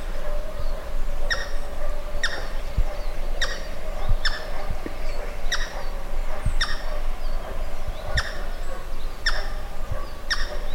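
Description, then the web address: Pheasant repeating harsh, clipped call notes roughly every second over heavy low droning noise, with occasional knocks in the background. "animal-sound pheasant-sound"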